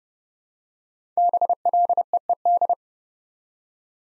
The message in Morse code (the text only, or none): BLEED